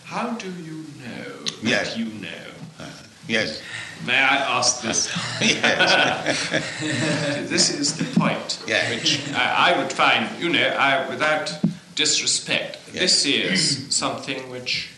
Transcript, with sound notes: How do you know that you know? May I ask this? [laughter]
Yes, yes.
This is the point which I would find, you know, without disrespect, this is something which